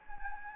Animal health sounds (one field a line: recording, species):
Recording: mosquito wingbeat signal from an infrared sensor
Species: Anopheles gambiae